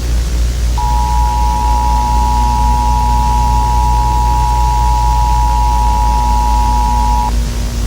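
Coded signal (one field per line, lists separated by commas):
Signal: Emergency Alert System (SAME) tones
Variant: 853 and 960 Hz attention tone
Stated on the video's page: Fictional British emergency alert scenario about an unidentified object approaching Earth, interrupting BBC programming.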